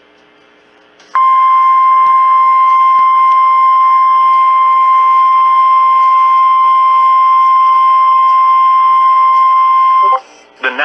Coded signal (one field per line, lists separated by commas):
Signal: Emergency Alert System (SAME) tones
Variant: 1050 Hz attention tone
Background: speech